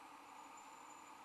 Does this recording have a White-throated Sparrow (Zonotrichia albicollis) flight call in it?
no